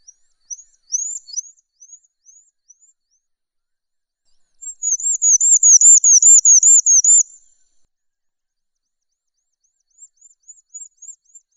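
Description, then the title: Horsfield's bush lark with scattered high chips, then a fast run of looping whistled notes, followed by faint quick notes near the end. "Suara Burung Branjangan"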